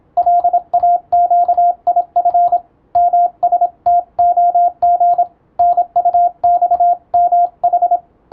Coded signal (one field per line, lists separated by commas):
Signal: Morse code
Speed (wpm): 27 wpm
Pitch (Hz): 700 Hz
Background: radio noise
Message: LAQIF MSTOG NUXMH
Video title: 「トン」と「ツー」で世界をつなぐモールス符号！YouTubeの再生速度を聞き取りやすい速度に設定して受信練習を始めてみませんか(morse code practice radio operator )